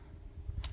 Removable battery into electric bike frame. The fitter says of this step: non non faut pas toucher à ça ça va va clipser tout seul ah